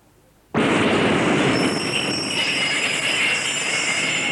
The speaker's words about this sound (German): Erika, komm doch! Die U-Bahn!